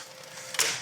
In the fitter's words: and then basically turn it until it clicks